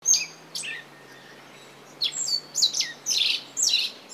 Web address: izumino saunndo aozi